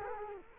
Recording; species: mosquito wingbeat signal from an infrared sensor; Culex quinquefasciatus